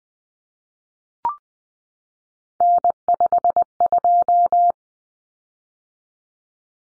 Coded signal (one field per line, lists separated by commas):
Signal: Morse code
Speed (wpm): 20 wpm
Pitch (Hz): 700 Hz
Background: none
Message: N52